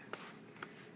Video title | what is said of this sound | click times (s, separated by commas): Review Britax B-Agile Stroller vs Baby Jogger City Mini | and it'll click into place | 0.1 s